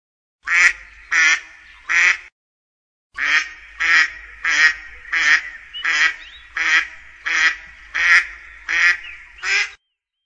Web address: kaczka krzyzowka